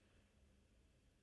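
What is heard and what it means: A friction-fit steel cannon pinion is lined up on the centre wheel arbor of a Wittnauer Professional chronograph movement and handled with tweezers before being pressed down. Only a steady low background hiss is heard, with no distinct tick. The clip ends before the part goes home, so nothing has seated or clicked yet.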